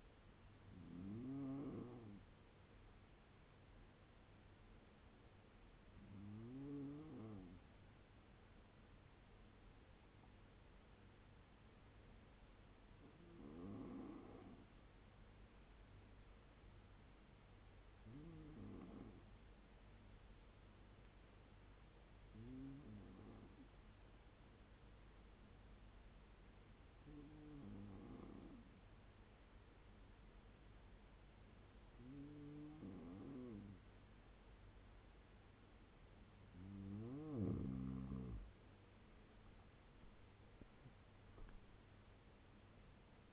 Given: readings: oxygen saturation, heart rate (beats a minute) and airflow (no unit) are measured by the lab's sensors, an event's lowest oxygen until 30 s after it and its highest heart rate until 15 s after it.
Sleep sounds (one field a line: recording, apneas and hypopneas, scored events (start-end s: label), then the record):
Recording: breathing in sleep by a voice recorder at the bedside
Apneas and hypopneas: 1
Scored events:
11.00-37.50 s: hypopnea (N1, oxygen 97% highest, then 93% lowest, heart rate 74 at the start, 88 highest)
23.00-43.33 s: new sleep stage, N2 (light sleep)
From the record:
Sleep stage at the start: N1 (lightest sleep)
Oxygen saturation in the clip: 91 to 97%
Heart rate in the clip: 69 to 88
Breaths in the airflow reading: 9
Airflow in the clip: -5.7 to 11.2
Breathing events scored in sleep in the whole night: 201 in 6.5 hours asleep